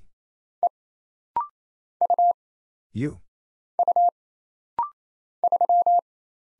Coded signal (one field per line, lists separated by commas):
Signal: Morse code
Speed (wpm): 27 wpm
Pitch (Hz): 700 Hz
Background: none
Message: E U U 3